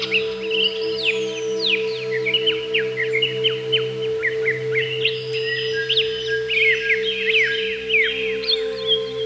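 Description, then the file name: Greater green leafbird song: lively mix of sharp falling whistles, quick chirps and warbled notes in an unbroken flow, with a low steady hum throughout. "cucak ijo"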